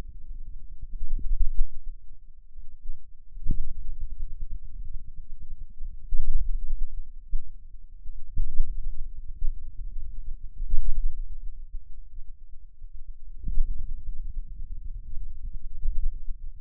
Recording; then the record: forearm muscle sounds (acoustic myography)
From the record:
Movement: hand closing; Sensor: system 2, bracelet of six BSWA MPA416 microphones around the upper forearm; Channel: 1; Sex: male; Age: 22 years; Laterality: right